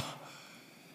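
A single short, breathy cough-like burst fades quickly into faint room noise. An adult imitates the fake cough an infant used to make to get attention, not a real illness cough.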